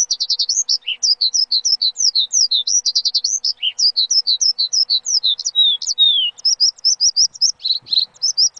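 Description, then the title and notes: Bird song, quick repeated high slurred notes and short trills in a continuous, varied stream, with one faint low knock near the end. Bird chirping meant for training (mastering) pet birds. "Suara Burung. Suara Kicauan Burung untuk memaster burung kesayangan"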